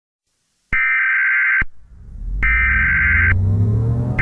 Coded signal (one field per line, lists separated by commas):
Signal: Emergency Alert System (SAME) tones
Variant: header bursts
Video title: EAS SCENARIO REC ROOM SHUTTING DOWN + delay announcement